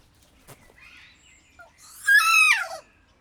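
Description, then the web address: Kea screech: one loud, raspy call that slides downward and lasts under a second, after a few soft chirps. Recorded at Jászberény Zoo in 2016. "jaszberenyizoo 2016 professzionalis kea"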